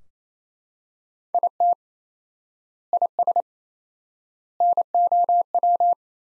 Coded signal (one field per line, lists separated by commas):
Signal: Morse code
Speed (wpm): 28 wpm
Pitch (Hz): 700 Hz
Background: none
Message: IT IS NOW